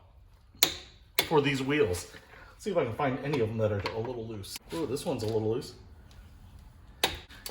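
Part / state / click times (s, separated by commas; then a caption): click torque wrench on a loose wheel lug nut / torque reached / 7.0 s. A click torque wrench is used on a loose wheel lug nut, which is tightened down until the wrench clicks at its set torque at 7.0 s. Someone talks through most of the clip, and sharp metallic knocks are heard at 0.6 s and 1.2 s.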